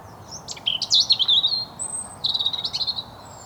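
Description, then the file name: European robin song, a high, tumbling warbled phrase with a sliding whistle, then a short pause and a quick trilled flourish. "Erithacus rubecula"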